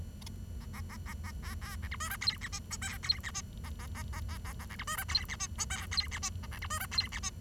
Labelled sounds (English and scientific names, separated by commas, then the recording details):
Bengalese Finch (Lonchura striata domestica) song
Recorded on 23 June 2012 at 10:38
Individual gr41rd51